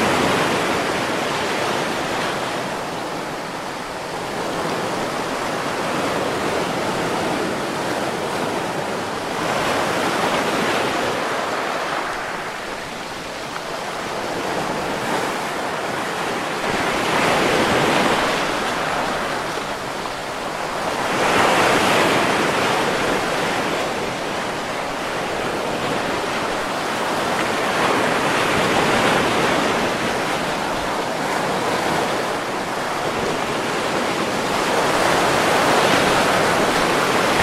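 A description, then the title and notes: Ocean surf rolls in as a steady, dense wash of hiss, swelling with each wave roughly every four to six seconds, strongest around 17, 21 and 36 seconds. The sound is full, with a faint low rumble of wind underneath. Surfing in Ocean Paradise.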